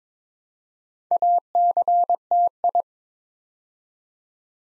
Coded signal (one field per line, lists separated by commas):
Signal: Morse code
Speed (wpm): 22 wpm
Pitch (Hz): 700 Hz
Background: none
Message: ACTI